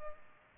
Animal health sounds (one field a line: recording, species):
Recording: mosquito wingbeat signal from an infrared sensor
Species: Culex pipiens